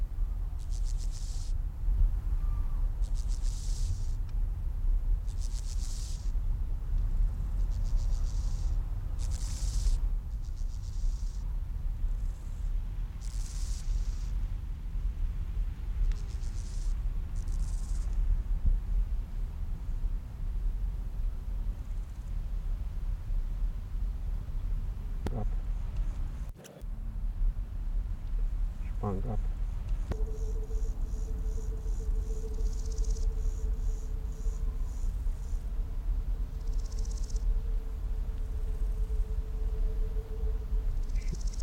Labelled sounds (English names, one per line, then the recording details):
Steppe Grasshopper stridulation
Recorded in the wild
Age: imago
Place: Mühlenbecker Teiche, Brandenburg, DE
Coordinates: 52.69, 13.394
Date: 1993-08-14 13:20
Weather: 20°C, sonnig
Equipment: Marantz CP 430, Sennheiser ME 80, Kopie Uher Variocord 263
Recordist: Tembrock, Günter